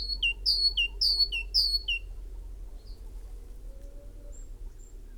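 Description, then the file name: Great tit song: four quick high-low whistled pairs in the first two seconds, then quiet background with a couple of faint chirps. "Parus major"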